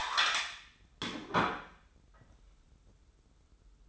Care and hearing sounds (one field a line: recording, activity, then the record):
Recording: daily activity, microphone in the room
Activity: place plate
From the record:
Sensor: 3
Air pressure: 994.4 hPa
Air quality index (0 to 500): 206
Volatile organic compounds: 1000 ppm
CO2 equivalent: 6824 ppm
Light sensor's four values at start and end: 90/211/87/84 and 90/211/87/84